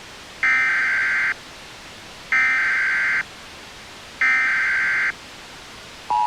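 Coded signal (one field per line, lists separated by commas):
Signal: Emergency Alert System (SAME) tones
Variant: header bursts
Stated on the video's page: Fictional EAS scenario, not a real alert.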